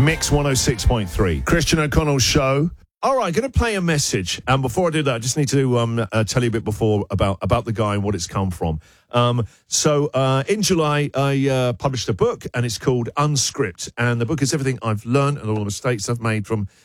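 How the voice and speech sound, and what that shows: An adult male speaks fluently in a clear mid-pitched voice at an easy conversational pace, with only brief pauses and an occasional filler. Articulation and voice quality are ordinary, with no repetitions, blocks or hoarseness: normal radio-style speech.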